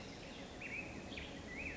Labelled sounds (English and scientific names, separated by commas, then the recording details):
Black-headed Grosbeak (Pheucticus melanocephalus)
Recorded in Sonoma County, California